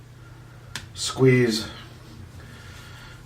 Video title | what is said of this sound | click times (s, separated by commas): The Scorpion - RC Formula Off-Road Truck Build - GMade Transitional Shocks | with your needlenose on one side of the shock shaft on one side of the seat clamp squeeze and it will lock into place | 0.8 s